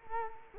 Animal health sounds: mosquito wingbeat signal from an infrared sensor; Culex quinquefasciatus

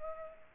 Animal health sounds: mosquito wingbeat signal from an infrared sensor; Culex pipiens

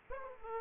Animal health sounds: mosquito wingbeat signal from an infrared sensor; Aedes aegypti

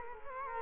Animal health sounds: mosquito wingbeat signal from an infrared sensor; Culex quinquefasciatus

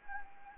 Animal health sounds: mosquito wingbeat signal from an infrared sensor; Anopheles gambiae

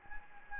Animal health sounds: mosquito wingbeat signal from an infrared sensor; Anopheles gambiae

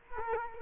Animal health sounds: mosquito wingbeat signal from an infrared sensor; Culex quinquefasciatus

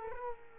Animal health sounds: mosquito wingbeat signal from an infrared sensor; Culex quinquefasciatus

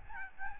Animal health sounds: mosquito wingbeat signal from an infrared sensor; Aedes albopictus

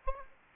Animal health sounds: mosquito wingbeat signal from an infrared sensor; Aedes aegypti

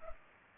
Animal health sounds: mosquito wingbeat signal from an infrared sensor; Culex pipiens

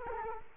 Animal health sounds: mosquito wingbeat signal from an infrared sensor; Culex quinquefasciatus

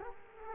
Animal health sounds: mosquito wingbeat signal from an infrared sensor; Culex quinquefasciatus

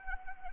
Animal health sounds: mosquito wingbeat signal from an infrared sensor; Anopheles arabiensis

